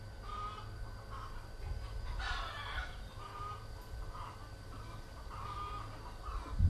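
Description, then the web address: Chickens giving scattered clucks with one louder squawking burst midway, over a constant low hum. Chickens recorded in Vietnam in 2019 while travelling. "travelogue 2019 Vietnam 02 Chickens"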